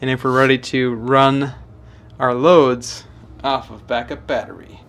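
Someone talks while a portable power station's cable plug is handled for connection to an Anker SOLIX F3800 Home Power Panel home backup transfer panel inlet. The plug has not gone home yet, and nothing has seated or clicked in this clip.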